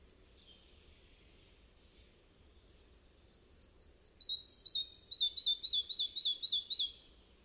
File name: red breasted flycatcher